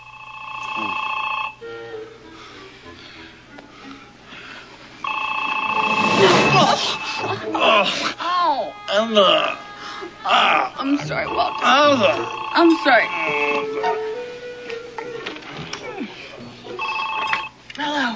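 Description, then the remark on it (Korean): In a film scene at night, a telephone rings loudly in repeated bursts of steady, high electronic tones, with pauses between rings, waking Annie and Walter. Sleepy voices murmur and groan over and between the rings. “한편 빅토리아가 샘의 집에 초대된 그날 밤 애니와 월터는 시끄럽게 울려대는 전화벨 소리에 잠을 깹니다.”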